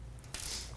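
The metal trigger sear in a Gamo Urban air rifle trigger assembly is handled after its adjustment screw has been backed off a quarter turn. A low steady hum runs under faint ticks, a brighter scrape at about 0.3 s and a short sharp transient at the very end. The sear is being worked but nothing has seated or clicked yet.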